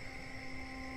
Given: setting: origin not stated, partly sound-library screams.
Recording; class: one-second piece from a danger detection set; normal situation